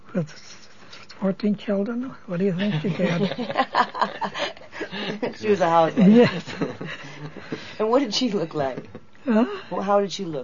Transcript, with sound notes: With-h-h fourteen children, what do you did she did? (all laugh)
She was a housewife?
Yes.
And what did she look like?
Well…
Well, how did she look?